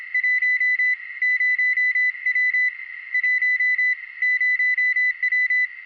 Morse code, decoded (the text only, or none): 10W 10W